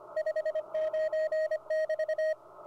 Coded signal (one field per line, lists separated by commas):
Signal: Morse code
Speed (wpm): 26 wpm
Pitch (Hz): 630 Hz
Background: radio noise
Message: 59<BT>